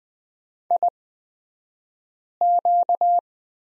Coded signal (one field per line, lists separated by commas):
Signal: Morse code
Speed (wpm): 20 wpm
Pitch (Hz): 700 Hz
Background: none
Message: IQ